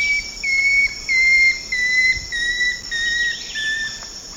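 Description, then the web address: Long-tailed woodcreeper song: a series of about seven clear whistled notes, each slightly lower than the last, over a steady high insect drone. South America, Eastern Lowlands. "Natures Songs S America Eastern Lowlands. Long-tailed Woodcreeper"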